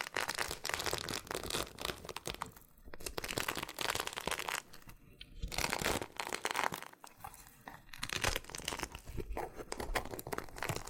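Loofah sounds fill the clip with dense, dry crinkling and scratchy peeling that runs almost without pause. Quick crackles and small pops come in irregular bursts, bright and crisp, with brief quieter gaps near the third, fifth and seventh seconds.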